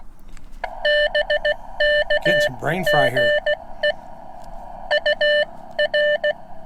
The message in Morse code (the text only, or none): BK GE UR